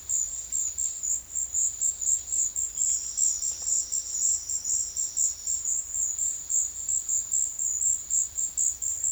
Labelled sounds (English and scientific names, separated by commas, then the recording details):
none
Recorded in secondary vegetation near Puerto Asís, Putumayo, Colombia, on 23 June 2025 at 13:30
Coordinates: 0.500, -76.326
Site GP08